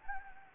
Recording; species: mosquito wingbeat signal from an infrared sensor; Anopheles gambiae